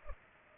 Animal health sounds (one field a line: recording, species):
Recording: mosquito wingbeat signal from an infrared sensor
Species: Culex pipiens